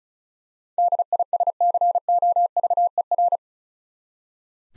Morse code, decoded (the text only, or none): DISCOVER